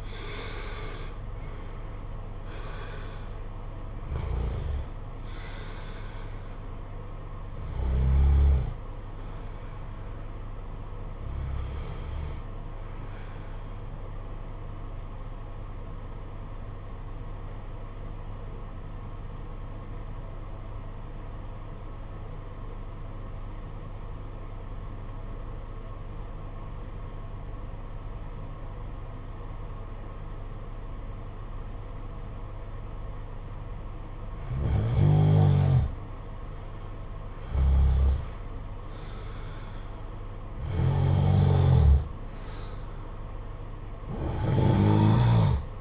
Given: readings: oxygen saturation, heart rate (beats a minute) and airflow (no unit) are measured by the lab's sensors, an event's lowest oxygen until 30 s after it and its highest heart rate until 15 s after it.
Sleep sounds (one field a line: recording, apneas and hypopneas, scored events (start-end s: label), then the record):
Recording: breathing in sleep by a smartphone at the bedside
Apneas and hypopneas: 1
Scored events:
15.00-35.70 s: obstructive apnea (REM, oxygen 95% highest, then 87% lowest, heart rate 50 at the start, 61 highest)
From the record:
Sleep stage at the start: REM sleep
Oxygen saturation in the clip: 71 to 95%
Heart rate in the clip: 48 to 91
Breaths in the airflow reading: 8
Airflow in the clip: -8.2 to 9.1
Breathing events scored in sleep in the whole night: 476 in 9.7 hours asleep